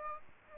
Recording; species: mosquito wingbeat signal from an infrared sensor; Aedes aegypti